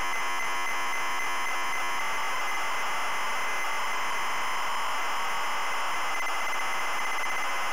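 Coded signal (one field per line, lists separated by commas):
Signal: ZX Spectrum tape loading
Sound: continuous harsh buzzing screech of data loading, steady throughout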